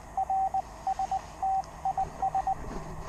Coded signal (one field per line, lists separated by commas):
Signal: Morse code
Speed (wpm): 19 wpm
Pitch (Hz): 770 Hz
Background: radio noise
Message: RST IS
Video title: Enjoy the QRP. Morse code